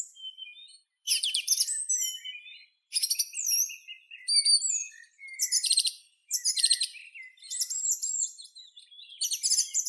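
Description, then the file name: Song thrush song: bursts of bright, high chirps and whistles in short phrases separated by brief pauses, each phrase varied, with no other sounds. "Drozd pevchij Turdus philomelos"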